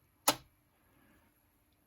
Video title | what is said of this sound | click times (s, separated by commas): AUTOart Signature - Bugatti Veyron 16.4 SuperSport 1/18 - In Depth Review | and then the kind of Finds Its Own place clicks back in like that | 0.3 s